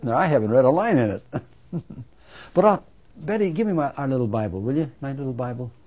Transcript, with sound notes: I haven't read a line in it. (he laughs) But, Betty, give me our little Bible, will you, my little Bible